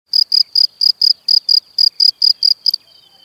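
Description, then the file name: Cricket chirping, a rapid series of about twelve high, pulsed chirps at an even pace, then stopping, with a faint tone lingering after. "Świerszcze"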